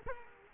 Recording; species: mosquito wingbeat signal from an infrared sensor; Culex quinquefasciatus